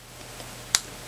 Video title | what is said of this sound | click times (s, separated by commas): HairExtensionSale com Review & Tutorial | press in until you hear it clip. | 0.8 s